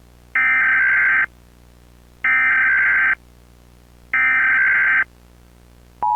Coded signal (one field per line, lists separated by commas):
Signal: Emergency Alert System (SAME) tones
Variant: header bursts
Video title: EAS Alert : "Look Outside"